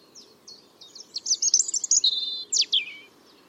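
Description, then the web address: European robin song: a single rich phrase of high, tinkling notes that builds into a rapid jumble before ending with a few sharp, descending flourishes. "Deverinetal 2025 File origin Bird Only Er Ru"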